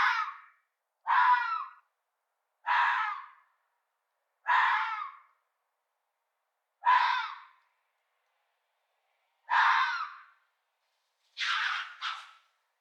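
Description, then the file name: Fox uttering seven hoarse, strained screams in quick series, roughly every one to three seconds, the last broken into a double cry. Fox calls made during mating. "fox sex"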